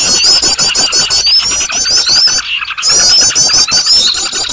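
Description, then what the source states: Birds in a harsh, high chattering chorus of repeated squeaky trills, briefly dipping partway through before continuing. Noisy bird sounds made as a lure (pikat) recording for attracting birds.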